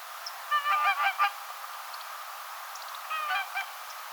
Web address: paivat 5 10 2024 rauhallista syksya laulujoutsenpellolla keltasirkut kayvat laulujoutsenten kanssa pellolla syomassa